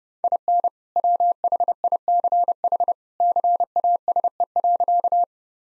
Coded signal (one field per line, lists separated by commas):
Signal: Morse code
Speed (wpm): 30 wpm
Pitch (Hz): 700 Hz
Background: none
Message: IN WHICH CASE.